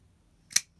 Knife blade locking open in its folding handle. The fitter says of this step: it is angled great it's got excellent action unless you hear that it snaps out with authority